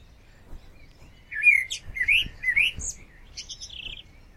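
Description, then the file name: Common blackbird singing one phrase of three rich, rolling fluted notes that end in thin, high squeaky twittering, after a quiet opening second. "Turdus merula"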